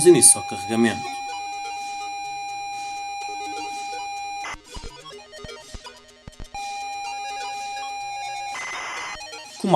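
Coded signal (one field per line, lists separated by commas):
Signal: ZX Spectrum tape loading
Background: speech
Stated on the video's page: ZX Spectrum tape loading in the Retro Virtual Machine emulator on Mac.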